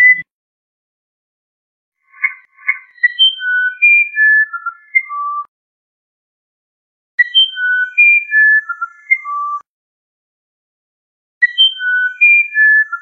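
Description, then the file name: Musician wren repeating a whistled phrase three times, roughly every four to five seconds, the last cut off, the first opening with short doubled notes, each with clear tones descending in steps. "canto do uirapuru verdadeiro"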